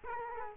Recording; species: mosquito wingbeat signal from an infrared sensor; Culex quinquefasciatus